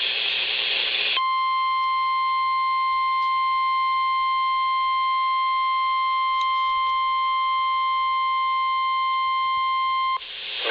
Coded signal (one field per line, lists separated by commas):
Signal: Emergency Alert System (SAME) tones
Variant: 1050 Hz attention tone